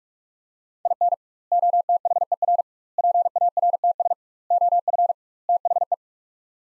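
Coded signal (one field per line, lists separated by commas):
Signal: Morse code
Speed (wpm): 46 wpm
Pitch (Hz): 700 Hz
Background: none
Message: IN OTHER PARTS OF THE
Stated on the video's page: Morse practice of five-word sets sent at 45 WPM with double word spacing, a word-level analogue of Farnsworth spacing, for head-copy training.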